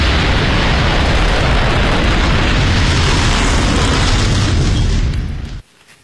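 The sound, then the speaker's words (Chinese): A heavy bombing barrage by Japanese aircraft attacking Pearl Harbor: explosions merge into one loud, continuous roar of deep booms and crackling blasts, with no voices, before it cuts off abruptly near the end. “伴随日本飞机的轰炸声，美国宣布加入二战。”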